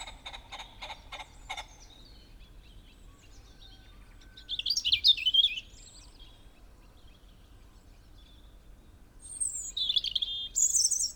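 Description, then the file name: European robin giving two bursts of thin, high, tumbling warbled phrases separated by a pause. "Erithacus rubecula"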